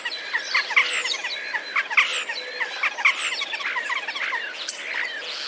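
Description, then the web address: Common starling song, a dense run of sparrow-like chirps around mid pitch mixed with thin high squeaks and clicks, delivered in quick overlapping bursts. Common starlings; song containing mimicry borrowed from sparrows; recorded 10 April 2023. "wroblowe zapozyczenia szpaki 10 04 2023"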